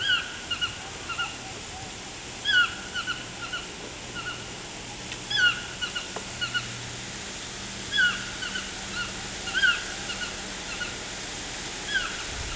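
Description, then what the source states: Toucan calls: repeated phrases of loud, ringing downslurred yelps every one to two seconds, with softer notes throughout and a low hum beneath. Recorded in Panama.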